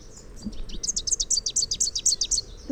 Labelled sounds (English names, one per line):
Rufous-capped Warbler song